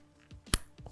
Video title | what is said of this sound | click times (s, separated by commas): Recording Audio with Rifle Mics and Radio Packs into Cameras and Tascams | and it should go in with a little click | 0.5 s